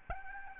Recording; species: mosquito wingbeat signal from an infrared sensor; Aedes albopictus